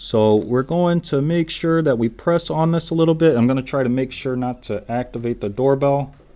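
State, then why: Not seated. Someone talks while a Google Nest Doorbell (Battery) video doorbell is pressed down onto its wall-mounted base plate so the button at the top can lock in. Nothing has seated or clicked yet by the end of the clip.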